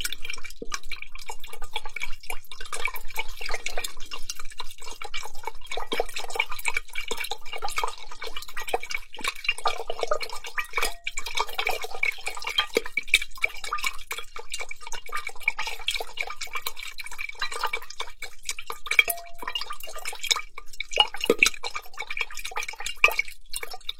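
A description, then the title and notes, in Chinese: Water and glass sounds from a large glass bowl: a dense, continuous stream of tiny drips, pops and clinks, like fizzing carbonation, holding steady for the whole stretch. The sound is bright and crackly with almost nothing low, and brief brighter glassy pings surface now and then. 水和玻璃的声音。巨大玻璃碗（水、碳酸、果冻、吸管）。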